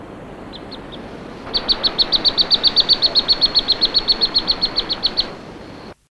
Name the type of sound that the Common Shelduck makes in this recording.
call